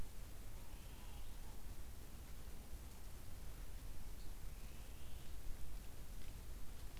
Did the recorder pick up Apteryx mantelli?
no